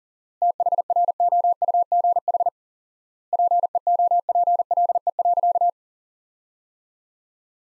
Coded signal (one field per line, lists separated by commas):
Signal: Morse code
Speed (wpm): 37 wpm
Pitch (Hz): 700 Hz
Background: none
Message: THROUGH PEOPLE.